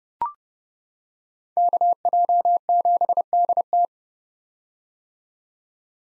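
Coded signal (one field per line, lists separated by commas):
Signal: Morse code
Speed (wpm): 32 wpm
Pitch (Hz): 700 Hz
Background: none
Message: KJ7DT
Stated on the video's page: Head-copy drill at 30 wpm of common POTA hunter call signs, each sent in Morse, spoken, then sent again.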